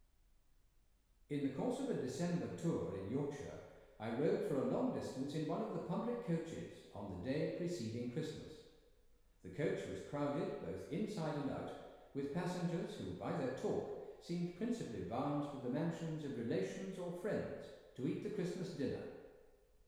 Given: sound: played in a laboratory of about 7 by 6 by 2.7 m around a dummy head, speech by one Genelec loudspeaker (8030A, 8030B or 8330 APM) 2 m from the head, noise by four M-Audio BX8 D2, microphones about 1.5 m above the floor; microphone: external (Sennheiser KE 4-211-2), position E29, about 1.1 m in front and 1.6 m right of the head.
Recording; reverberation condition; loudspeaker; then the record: male speech in English; high; 30 degrees to the right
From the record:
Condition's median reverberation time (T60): about 1300 ms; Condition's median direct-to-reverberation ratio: about -4.0 dB